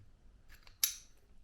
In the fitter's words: It just locks into place once you find your desired position.